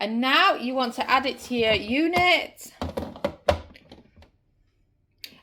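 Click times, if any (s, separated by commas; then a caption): 5.2 s. The outer bowl assembly with its lid is placed on the base of a Ninja Creami ice cream machine and rotated until it locks into position. Someone talks, then a series of handling knocks and clunks is followed by quiet. A sharp click at 5.2 s marks the bowl locking into place.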